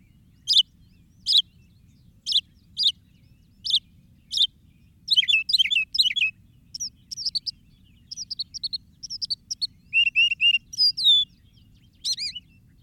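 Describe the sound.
Northern mockingbird singing: spaced single sharp notes at first, then quicker varied twittering and slurred phrases, over light background noise.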